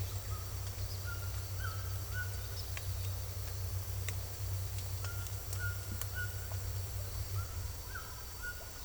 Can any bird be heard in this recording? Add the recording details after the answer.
yes. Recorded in secondary vegetation near Puerto Asís, Putumayo, Colombia, on 16 December 2024 at 17:30. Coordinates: 0.468, -76.324. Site G095